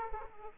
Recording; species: mosquito wingbeat signal from an infrared sensor; Aedes aegypti